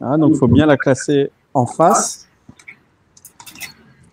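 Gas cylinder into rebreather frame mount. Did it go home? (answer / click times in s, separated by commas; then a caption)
no / none. Someone talks while a gas cylinder is being fitted into its mount on the frame of a rEvo CCR rebreather unit, followed by a few faint handling taps around 2.6, 2.7, 3.3 and 3.4 seconds. The cylinder is still being handled, and nothing has seated or clicked into place yet.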